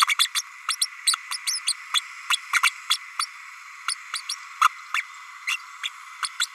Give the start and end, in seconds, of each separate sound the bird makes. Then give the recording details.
0.07-0.15, 0.18-0.27, 0.34-0.42, 0.68-0.76, 0.81-0.86, 1.06-1.15, 1.32-1.37, 1.46-1.59, 1.67-1.73, 1.94-2.00, 2.29-2.37, 2.63-2.71, 2.89-2.98, 3.19-3.25, 3.88-3.94, 4.29-4.35, 4.61-4.69, 4.94-5.02, 5.47-5.57, 5.83-5.89, 6.22-6.28, 6.39-6.46. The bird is a female. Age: 32 days. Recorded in a nest box in Venezuela. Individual 17B32A5